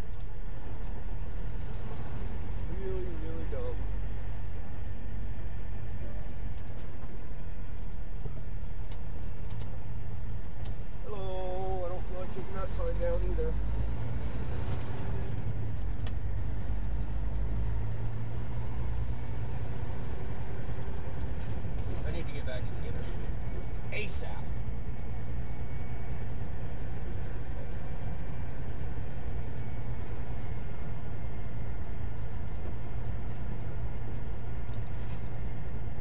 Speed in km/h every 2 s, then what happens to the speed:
21, 21, 21, 18, 15, 15, 18, 23, 27, 31, 37, 40, 40, 42, 42, 42, 40, 39.
0-11 steady at about 18. 11-22 speeds up to 40. 22-36 steady at about 40.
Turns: 3-9.